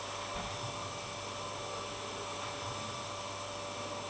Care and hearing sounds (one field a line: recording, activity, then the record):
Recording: daily activity, microphone in the room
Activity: vacuum cleaning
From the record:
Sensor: 1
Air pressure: 1007.7 hPa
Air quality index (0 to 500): 78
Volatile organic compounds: 1 ppm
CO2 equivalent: 677 ppm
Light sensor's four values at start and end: 9/22/9/10 and 9/22/9/10